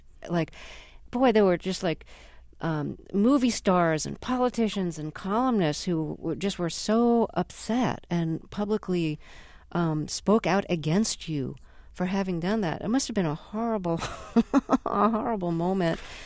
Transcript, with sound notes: and, like, boy, there were just like movie stars and politicians and columnists who just were so upset and publicly spoke out against you for having done that. It must've been a horrible...
(SOUNDBITE OF LAUGHTER)
...a horrible moment.